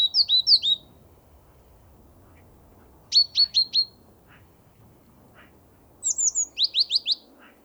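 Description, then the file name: Great tit calls in three bursts: rapid strings of sharp, high downslurred notes and chips, repeated every few seconds, with a soft background. "Parus major"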